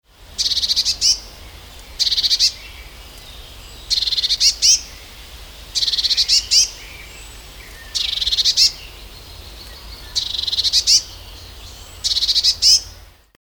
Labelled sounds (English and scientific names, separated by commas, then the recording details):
Eurasian Blue Tit (Cyanistes caeruleus)
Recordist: Tembrock, Günter
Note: Erregungslaute